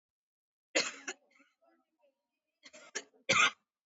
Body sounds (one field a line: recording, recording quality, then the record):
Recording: shallow voluntary cough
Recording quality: excellent, no background noise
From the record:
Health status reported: COVID-19 positive, mild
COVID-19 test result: positive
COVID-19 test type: RT-PCR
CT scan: taken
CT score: 6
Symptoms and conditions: cough, cold, fatigue, muscle pain, another respiratory illness, hypertension, diabetes, ischaemic heart disease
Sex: female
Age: 63 years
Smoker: no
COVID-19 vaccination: both doses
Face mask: worn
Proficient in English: yes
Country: India